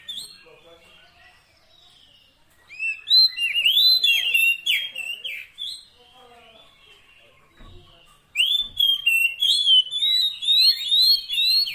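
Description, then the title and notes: Oriental magpie-robin singing varied whistled phrases after a quiet start, breaking off briefly, then returning with a run of rising, sweet notes. Long-duration fill-in (isian) song meant to make a magpie-robin sing actively day and night. "Kacer Jadi Gacor Siang Malam. Isian Kacer Durasi Panjang"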